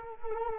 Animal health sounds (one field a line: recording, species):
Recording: mosquito wingbeat signal from an infrared sensor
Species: Culex quinquefasciatus